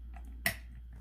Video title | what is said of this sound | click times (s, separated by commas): Overview and how to load an Eastman Kodak Co. Signet 40 35mm Camera. | make sure it snaps into place okay | 0.5 s